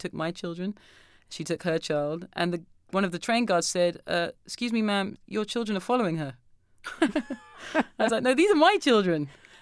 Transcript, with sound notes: I took my children. She took her child and the - one of the train guards said, excuse me, ma'am, your children are following her.
(LAUGHTER)
And I was like, no, these are my children.